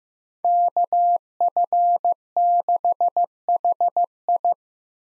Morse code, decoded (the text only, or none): KF6HI